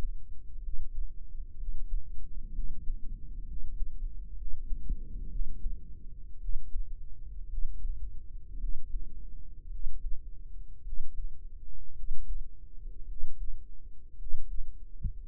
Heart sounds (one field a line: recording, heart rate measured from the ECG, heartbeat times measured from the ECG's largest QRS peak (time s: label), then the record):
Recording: heart sounds by microphone in the right ear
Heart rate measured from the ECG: 57 bpm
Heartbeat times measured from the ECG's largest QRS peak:
0.62 s: heartbeat
1.57 s: heartbeat
2.53 s: heartbeat
3.45 s: heartbeat
4.35 s: heartbeat
5.29 s: heartbeat
6.39 s: heartbeat
7.47 s: heartbeat
8.58 s: heartbeat
9.69 s: heartbeat
10.82 s: heartbeat
11.93 s: heartbeat
13.06 s: heartbeat
14.16 s: heartbeat
15.26 s: heartbeat
From the record:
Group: healthy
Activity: rest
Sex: male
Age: 23 years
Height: 178 cm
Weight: 96.6 kg